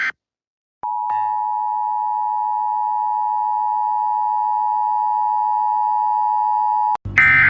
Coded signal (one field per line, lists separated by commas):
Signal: Emergency Alert System (SAME) tones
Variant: 853 and 960 Hz attention tone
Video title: Big run splatoon 3 eas scenario